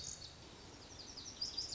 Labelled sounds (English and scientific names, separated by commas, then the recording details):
Lazuli Bunting (Passerina amoena)
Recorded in Sonoma County, California